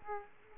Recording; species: mosquito wingbeat signal from an infrared sensor; Aedes aegypti